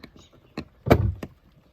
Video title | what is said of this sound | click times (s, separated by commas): How to quickly open a stuck shut gas lid on 2005 BMW X3 | hear it click that releases | 0.9 s